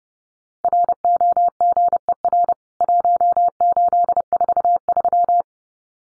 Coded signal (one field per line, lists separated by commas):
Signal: Morse code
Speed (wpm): 30 wpm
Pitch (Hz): 700 Hz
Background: none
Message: ROGER 1843